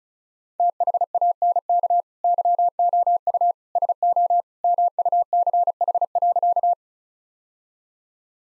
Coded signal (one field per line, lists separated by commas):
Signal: Morse code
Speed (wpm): 36 wpm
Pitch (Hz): 700 Hz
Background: none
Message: THANK YOU SO MUCH.